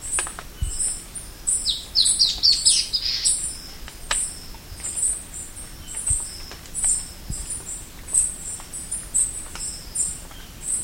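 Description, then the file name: Bird giving high, thin chirps repeated in uneven runs, with a short cluster of rapid twitters near the start. "SABIOD 50 bird 2015"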